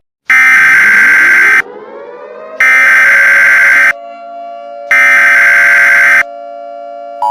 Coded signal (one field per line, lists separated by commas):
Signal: Emergency Alert System (SAME) tones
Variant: header bursts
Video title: Hurricane Evacuation: An EAS Mock (Reboot)